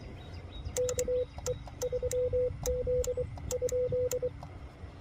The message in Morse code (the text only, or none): KE3Z?